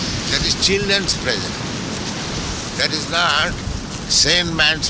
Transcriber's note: none